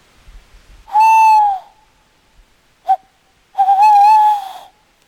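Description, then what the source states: Tawny owl hooting: a loud smooth hoot, a short clipped note, then a longer wavering hoot, all on one low pitch in quiet surroundings. Male calling at night close to listeners by a gill among leafless birch trees under a starlit sky in Ashdown Forest, then flying over their heads after a person imitated a male hoot.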